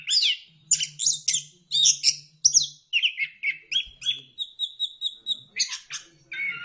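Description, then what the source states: Bird song with rushed chirpy phrases, then a run of steady repeated notes and a level sustained whistle before a last low chirp. Birdsong intended for mastering, that is training, pet birds.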